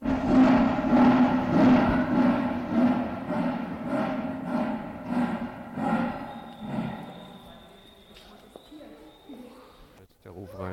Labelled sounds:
Leopard
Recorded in captivity
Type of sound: call, churr
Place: Tierpark Berlin, Berlin, DE
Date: 1992-10-31 11:53
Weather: sonnig bis heiter, -2 bis 3°C
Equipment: Marantz CP 430, Sennheiser ME 80, Kopie Tesla B 116
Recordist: Tembrock, Günter
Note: P. p. orientalsi - Amurleopard; Männchen mit Rufreihe (erst nach Beginn eingeschaltet), Abstand 10 m

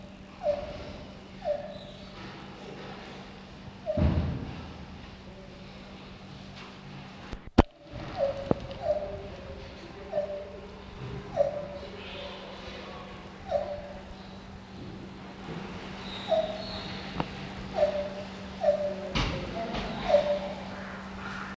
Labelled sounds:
Lar Gibbon call
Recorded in captivity
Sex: male
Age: adult
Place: Zoo Prag, CZ
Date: 1967-09-14 11:00
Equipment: Uher 4000 Report-S, Transistorverstärker II, Sennheiser MD 421
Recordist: Tembrock, Günter

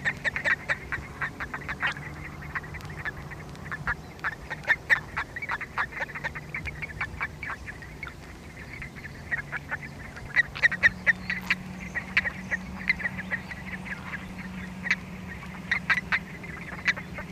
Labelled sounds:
Common Toad call
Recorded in the wild
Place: Wieseck, DE
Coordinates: 50.6058, 8.69556
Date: 1965-03-29
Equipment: Uher Report 4000, AKG D190
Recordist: Krey, Winfried

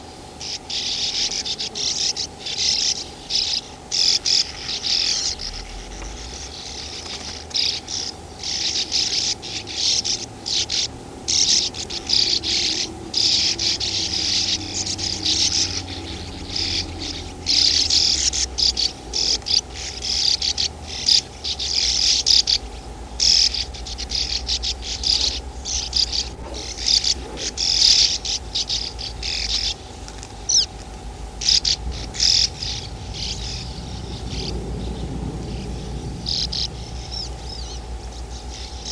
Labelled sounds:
Sand Martin
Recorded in the wild
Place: Gossfelden, DE
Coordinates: 50.8561, 8.74
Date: 1965-07-20
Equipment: Uher Report 4000, AKG D190
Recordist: Krey, Winfried

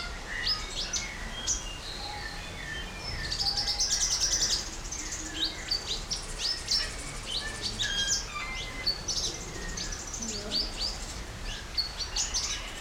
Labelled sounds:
Pin-tailed Whydah
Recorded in captivity
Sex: male
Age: adult
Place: Zoo Berlin, Berlin, DE
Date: 1994-04-02 11:30
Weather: wolkig bis heiter, 8-10°C
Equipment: Marantz CP 430, Sennheiser ME 80, Kopie Uher Variocord 263
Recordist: Tembrock, Günter

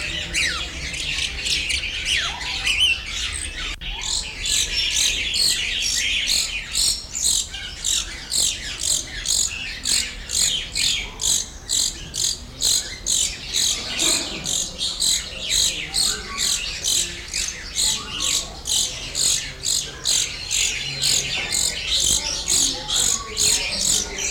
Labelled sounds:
Grosbeak Starling
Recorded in captivity
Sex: male
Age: adult
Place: Zoo Berlin, Berlin, DE
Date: 1994-09-10 11:45
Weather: bedeckt, 15°C, z.T. Regen
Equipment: Marantz CP 430, Sennheiser ME 80, Kopie Uher Variocord 263
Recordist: Tembrock, Günter

